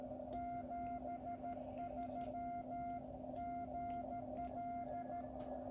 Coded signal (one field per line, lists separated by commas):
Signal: Morse code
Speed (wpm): 13 wpm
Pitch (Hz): 1400 Hz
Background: none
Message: 73GL